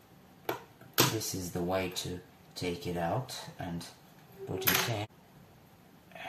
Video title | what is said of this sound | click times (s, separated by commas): [4K] A look inside the Lenovo Q190 PC (incl. HDD and RAM upgrade) | Yes, slide it in and then press it down until it clicks. | 0.5 s